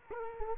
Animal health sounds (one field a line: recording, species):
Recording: mosquito wingbeat signal from an infrared sensor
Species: Culex quinquefasciatus